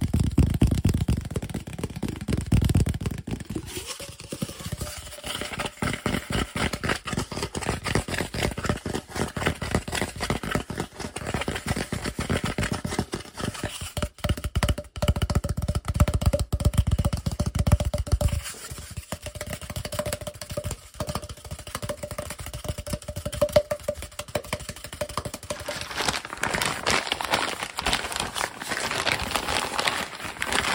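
Fast, aggressive lo-fi tapping and scratching fills the clip in dense rapid bursts over a low rumble, turning brighter and hissier near the end.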